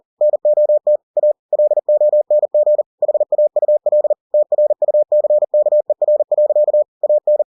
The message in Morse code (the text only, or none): NOT A LONG HAUL TRUCKER. AN